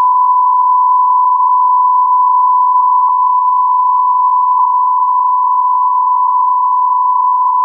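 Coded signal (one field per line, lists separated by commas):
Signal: radio time signal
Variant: Beta, RJH77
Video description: 00:05 : Unmodulated carrier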